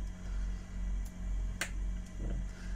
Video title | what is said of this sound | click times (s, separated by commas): What I fix daily - iPhone 6 screen replacement | like to hear a nice click in with these connectors | 1.6 s